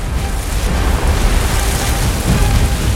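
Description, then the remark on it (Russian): Depth charges launched by a ship's crew from depth-charge throwers, set to medium detonation depth, explode underwater in a sustained, heavy rumble, deep booming surges rolling over one another with hissing spray and churning water throughout, throwing fountains of spray up at the surface, loud and steady with no voices. “Глубинные заряды взрываются в воде, поднимая на поверхности фонтаны брызг.”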